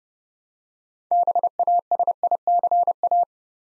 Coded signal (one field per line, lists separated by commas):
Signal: Morse code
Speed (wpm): 30 wpm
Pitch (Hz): 700 Hz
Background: none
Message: BASICA